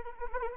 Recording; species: mosquito wingbeat signal from an infrared sensor; Anopheles arabiensis